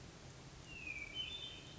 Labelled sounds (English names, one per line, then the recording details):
Hermit Thrush
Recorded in Sonoma County, California